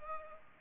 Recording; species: mosquito wingbeat signal from an infrared sensor; Culex pipiens